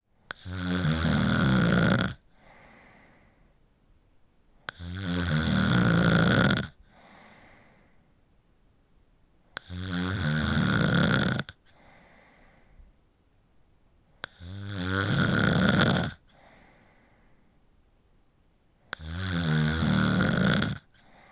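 Loud, rattling snores come about every 4.7 seconds, five in 21 seconds, roughly 13 a minute. Each is a long, harsh inhaled buzz followed by a soft exhale. It is a single adult snoring, a sound effect.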